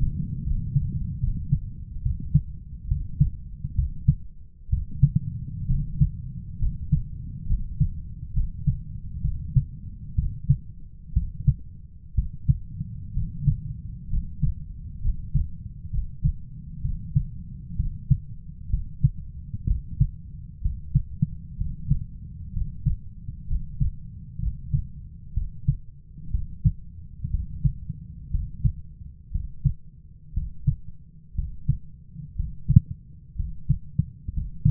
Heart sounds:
heart sounds by stethoscope; 64 bpm
0.43 s: heartbeat
1.20 s: heartbeat
2.02 s: heartbeat
2.88 s: heartbeat
3.75 s: heartbeat
4.69 s: heartbeat
5.67 s: heartbeat
6.58 s: heartbeat
7.46 s: heartbeat
8.33 s: heartbeat
9.21 s: heartbeat
10.15 s: heartbeat
11.13 s: heartbeat
12.15 s: heartbeat
13.13 s: heartbeat
14.09 s: heartbeat
15.01 s: heartbeat
15.90 s: heartbeat
16.81 s: heartbeat
17.76 s: heartbeat
18.70 s: heartbeat
19.67 s: heartbeat
20.62 s: heartbeat
21.57 s: heartbeat
22.53 s: heartbeat
23.47 s: heartbeat
24.39 s: heartbeat
25.34 s: heartbeat
26.31 s: heartbeat
27.30 s: heartbeat
28.30 s: heartbeat
29.31 s: heartbeat
30.33 s: heartbeat
31.35 s: heartbeat
32.35 s: heartbeat
33.35 s: heartbeat
34.33 s: heartbeat
From the record:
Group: healthy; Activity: rest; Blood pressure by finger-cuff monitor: 123/71 mmHg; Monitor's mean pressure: 88 mmHg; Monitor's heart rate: 63 bpm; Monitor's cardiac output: 7.2 L/min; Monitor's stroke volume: 114 mL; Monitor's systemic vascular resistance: 910 dyn s/cm5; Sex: male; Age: 23 years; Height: 178 cm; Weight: 96.6 kg

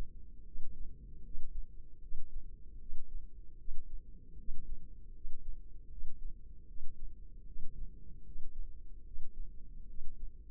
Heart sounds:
heart sounds by microphone in the left ear; 76 bpm
0.45 s: heartbeat
1.23 s: heartbeat
2.01 s: heartbeat
2.79 s: heartbeat
3.58 s: heartbeat
4.37 s: heartbeat
5.14 s: heartbeat
5.90 s: heartbeat
6.67 s: heartbeat
7.46 s: heartbeat
8.25 s: heartbeat
9.05 s: heartbeat
9.87 s: heartbeat
From the record:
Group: healthy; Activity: cold pressor test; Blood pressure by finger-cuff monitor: 140/94 mmHg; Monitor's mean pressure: 105 mmHg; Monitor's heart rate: 76 bpm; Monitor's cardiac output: 7.7 L/min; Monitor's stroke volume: 100 mL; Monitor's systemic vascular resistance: 1010 dyn s/cm5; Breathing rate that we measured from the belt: 18 breaths a minute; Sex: male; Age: 30 years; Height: 188 cm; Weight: 110.2 kg

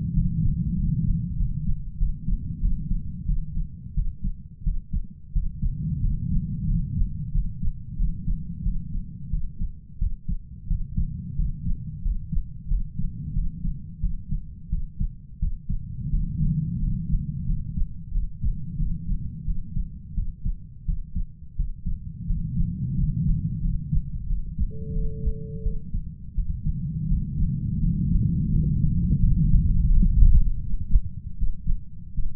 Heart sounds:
heart sounds by stethoscope; 88 bpm
0.14 s: heartbeat
0.75 s: heartbeat
1.37 s: heartbeat
1.98 s: heartbeat
2.60 s: heartbeat
3.26 s: heartbeat
3.94 s: heartbeat
4.63 s: heartbeat
5.33 s: heartbeat
6.01 s: heartbeat
6.67 s: heartbeat
7.32 s: heartbeat
7.97 s: heartbeat
8.63 s: heartbeat
9.30 s: heartbeat
9.99 s: heartbeat
10.67 s: heartbeat
11.36 s: heartbeat
12.02 s: heartbeat
12.68 s: heartbeat
13.34 s: heartbeat
14.01 s: heartbeat
14.70 s: heartbeat
15.39 s: heartbeat
16.10 s: heartbeat
16.79 s: heartbeat
17.46 s: heartbeat
18.12 s: heartbeat
18.77 s: heartbeat
19.45 s: heartbeat
20.14 s: heartbeat
20.85 s: heartbeat
21.56 s: heartbeat
22.26 s: heartbeat
22.95 s: heartbeat
23.61 s: heartbeat
24.27 s: heartbeat
24.93 s: heartbeat
25.63 s: heartbeat
26.35 s: heartbeat
27.08 s: heartbeat
27.80 s: heartbeat
28.50 s: heartbeat
29.19 s: heartbeat
29.88 s: heartbeat
30.61 s: heartbeat
31.37 s: heartbeat
32.13 s: heartbeat
From the record:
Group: healthy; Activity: rest 0-24 s, breath hold 24-32 s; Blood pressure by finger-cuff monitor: 110/70 mmHg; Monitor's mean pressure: 84 mmHg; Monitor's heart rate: 87 bpm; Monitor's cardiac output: 7.6 L/min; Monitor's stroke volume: 86 mL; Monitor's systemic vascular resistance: 810 dyn s/cm5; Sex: male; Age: 33 years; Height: 179 cm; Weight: 80.4 kg

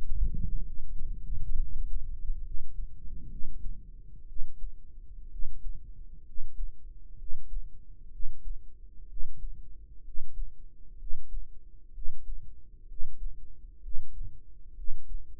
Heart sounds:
heart sounds by microphone in the right ear; 64 bpm
0.64 s: heartbeat
1.57 s: heartbeat
2.43 s: heartbeat
3.29 s: heartbeat
4.27 s: heartbeat
5.29 s: heartbeat
6.24 s: heartbeat
7.17 s: heartbeat
8.10 s: heartbeat
9.07 s: heartbeat
10.03 s: heartbeat
10.97 s: heartbeat
11.92 s: heartbeat
12.86 s: heartbeat
13.81 s: heartbeat
14.74 s: heartbeat
From the record:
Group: healthy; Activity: rest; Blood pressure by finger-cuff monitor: 123/81 mmHg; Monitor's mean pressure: 90 mmHg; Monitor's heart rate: 64 bpm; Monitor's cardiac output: 5.3 L/min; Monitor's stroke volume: 80 mL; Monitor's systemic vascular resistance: 1260 dyn s/cm5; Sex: male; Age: 21 years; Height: 170 cm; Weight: 71 kg

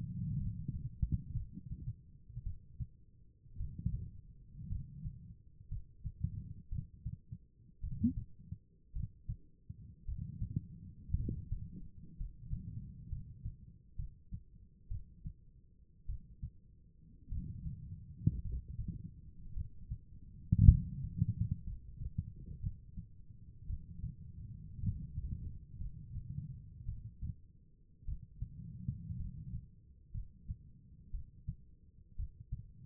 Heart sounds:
heart sounds by stethoscope; 57 bpm
0.38 s: heartbeat
1.34 s: heartbeat
2.43 s: heartbeat
3.57 s: heartbeat
4.69 s: heartbeat
5.68 s: heartbeat
6.69 s: heartbeat
7.80 s: heartbeat
8.92 s: heartbeat
10.05 s: heartbeat
11.15 s: heartbeat
12.17 s: heartbeat
13.09 s: heartbeat
13.96 s: heartbeat
14.88 s: heartbeat
16.06 s: heartbeat
17.28 s: heartbeat
18.42 s: heartbeat
19.54 s: heartbeat
20.67 s: heartbeat
21.64 s: heartbeat
22.60 s: heartbeat
23.66 s: heartbeat
24.80 s: heartbeat
25.78 s: heartbeat
26.85 s: heartbeat
28.05 s: heartbeat
29.16 s: heartbeat
30.11 s: heartbeat
31.11 s: heartbeat
32.16 s: heartbeat
From the record:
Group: healthy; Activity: cold pressor test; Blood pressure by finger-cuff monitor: 87/56 mmHg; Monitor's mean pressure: 64 mmHg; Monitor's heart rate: 55 bpm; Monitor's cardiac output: 4.4 L/min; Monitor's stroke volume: 77 mL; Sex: female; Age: 36 years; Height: 163 cm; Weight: 88 kg

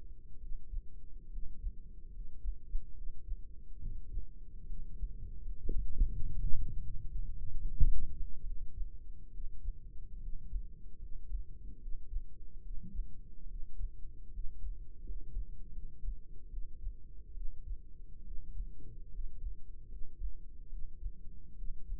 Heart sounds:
heart sounds by microphone in the right ear; 74 bpm
0.37 s: heartbeat
1.28 s: heartbeat
2.09 s: heartbeat
2.92 s: heartbeat
3.78 s: heartbeat
4.64 s: heartbeat
5.40 s: heartbeat
6.08 s: heartbeat
6.80 s: heartbeat
7.57 s: heartbeat
8.42 s: heartbeat
9.30 s: heartbeat
10.18 s: heartbeat
10.97 s: heartbeat
11.78 s: heartbeat
12.60 s: heartbeat
13.46 s: heartbeat
14.29 s: heartbeat
15.02 s: heartbeat
15.70 s: heartbeat
16.48 s: heartbeat
17.32 s: heartbeat
18.22 s: heartbeat
19.09 s: heartbeat
19.86 s: heartbeat
20.68 s: heartbeat
21.54 s: heartbeat
From the record:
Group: healthy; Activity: rest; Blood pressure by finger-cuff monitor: 131/76 mmHg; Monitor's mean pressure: 89 mmHg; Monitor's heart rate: 72 bpm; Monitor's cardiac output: 5.6 L/min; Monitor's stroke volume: 76 mL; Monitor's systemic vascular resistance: 1200 dyn s/cm5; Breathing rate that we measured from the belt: 14 breaths a minute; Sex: male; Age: 20 years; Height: 167 cm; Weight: 61 kg

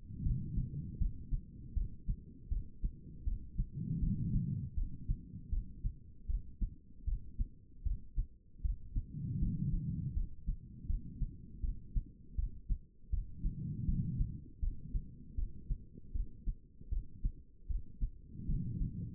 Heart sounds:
heart sounds by stethoscope; 79 bpm
0.24 s: heartbeat
0.99 s: heartbeat
1.75 s: heartbeat
2.50 s: heartbeat
3.25 s: heartbeat
4.01 s: heartbeat
4.75 s: heartbeat
5.51 s: heartbeat
6.28 s: heartbeat
7.06 s: heartbeat
7.84 s: heartbeat
8.63 s: heartbeat
9.40 s: heartbeat
10.14 s: heartbeat
10.87 s: heartbeat
11.62 s: heartbeat
12.36 s: heartbeat
13.11 s: heartbeat
13.86 s: heartbeat
14.61 s: heartbeat
15.36 s: heartbeat
16.13 s: heartbeat
16.90 s: heartbeat
17.68 s: heartbeat
18.47 s: heartbeat
From the record:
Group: healthy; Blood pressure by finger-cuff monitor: 119/79 mmHg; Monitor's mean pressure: 94 mmHg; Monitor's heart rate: 79 bpm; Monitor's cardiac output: 4.8 L/min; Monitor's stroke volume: 61 mL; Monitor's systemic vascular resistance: 1420 dyn s/cm5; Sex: female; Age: 51 years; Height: 162 cm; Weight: 70.04 kg

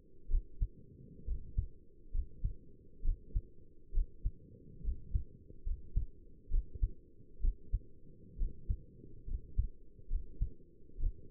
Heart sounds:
heart sounds by stethoscope; 67 bpm
0.31 s: heartbeat
1.28 s: heartbeat
2.14 s: heartbeat
3.05 s: heartbeat
3.95 s: heartbeat
4.84 s: heartbeat
5.66 s: heartbeat
6.52 s: heartbeat
7.42 s: heartbeat
8.39 s: heartbeat
9.28 s: heartbeat
10.10 s: heartbeat
11.01 s: heartbeat
From the record:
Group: healthy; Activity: cold pressor test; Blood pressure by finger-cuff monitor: 108/64 mmHg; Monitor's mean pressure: 75 mmHg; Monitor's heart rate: 66 bpm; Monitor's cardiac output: 6.2 L/min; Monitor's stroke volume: 95 mL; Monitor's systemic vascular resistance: 840 dyn s/cm5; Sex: male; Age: 22 years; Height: 181 cm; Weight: 79 kg

